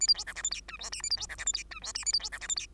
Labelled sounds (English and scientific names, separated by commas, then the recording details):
Bengalese Finch (Lonchura striata domestica) song
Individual Bird2